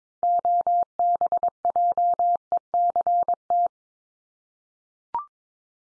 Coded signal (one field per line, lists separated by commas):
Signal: Morse code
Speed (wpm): 22 wpm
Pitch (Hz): 700 Hz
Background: none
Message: OBJECT